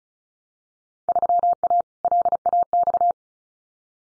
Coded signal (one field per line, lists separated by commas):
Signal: Morse code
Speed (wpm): 36 wpm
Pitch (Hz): 700 Hz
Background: none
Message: 3A LAX